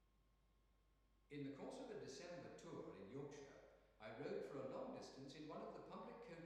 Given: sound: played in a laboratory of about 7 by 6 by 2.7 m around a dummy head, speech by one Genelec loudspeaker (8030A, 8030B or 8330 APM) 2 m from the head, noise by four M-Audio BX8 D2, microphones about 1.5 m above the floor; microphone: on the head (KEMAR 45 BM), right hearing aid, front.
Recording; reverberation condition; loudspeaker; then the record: male speech in English; high; in front (0 degrees)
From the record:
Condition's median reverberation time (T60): about 1300 ms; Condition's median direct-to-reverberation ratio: about -4.0 dB